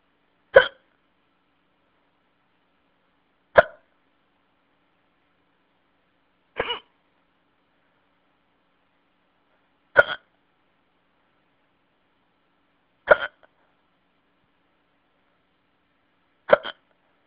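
An adult hiccupping: six sharp, brief hiccups over about 17 seconds, roughly one every three seconds (about 20 per minute), with silence in between.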